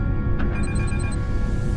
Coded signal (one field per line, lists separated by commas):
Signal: none